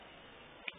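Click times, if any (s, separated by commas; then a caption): 0.7 s. During reassembly of an airsoft gas blowback 1911, the slide stop pin is lined up with the half-circle cutout and the slide is pushed back together onto the frame. Over a steady low hiss, a single sharp, short click sounds at 0.7 s as the pin clicks and locks into place.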